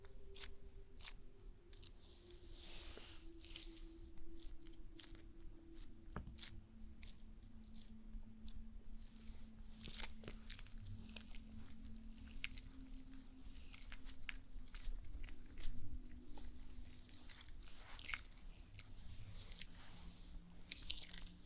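A stone spa treatment, with frequent short taps and soft, squishy touches arriving at an irregular pace throughout. Underneath, a steady low hum holds, its pitch slowly sliding down and back up. A faint airy hiss stays on top the whole time.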